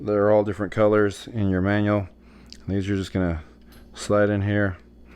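An AC control cable end is handled at the AC control panel of a factory-AC modified 1967 Mustang during a Vintage Air installation, while someone talks. Faint handling sounds sit under the voice, and nothing has seated or clicked into place yet.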